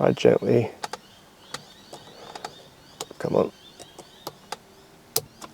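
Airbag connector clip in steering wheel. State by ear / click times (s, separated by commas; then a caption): released / 5.2 s. While the steering wheel airbag is being removed during a 300 series steering wheel retrofit on an N80 Hilux, someone talks and works at the airbag connector clip in the steering wheel, with a series of small ticks and clicks. A sharp, loud snap at 5.2 s marks the clip popping free, releasing it so the yellow clip pops up and the orange pad can slide off.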